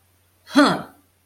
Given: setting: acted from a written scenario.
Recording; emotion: vocal sound without words; contempt